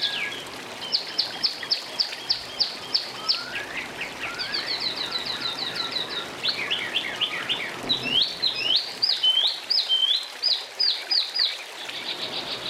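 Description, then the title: Oriental magpie-robin in long varied song, rapid repeated chips and sweeping notes changing pattern every few seconds. "Kicau Kacer"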